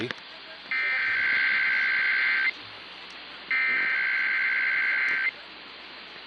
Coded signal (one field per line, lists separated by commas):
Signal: Emergency Alert System (SAME) tones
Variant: header bursts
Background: speech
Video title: MORE TESTING PART 2... EAS Tests from September 2023 (EAS #3,103 - 3,149)